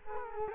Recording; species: mosquito wingbeat signal from an infrared sensor; Culex quinquefasciatus